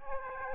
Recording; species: mosquito wingbeat signal from an infrared sensor; Aedes aegypti